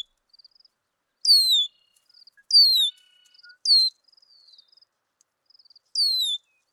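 Red-winged blackbird repeating a falling slurred whistle, with faint rapid ticking notes between the whistles.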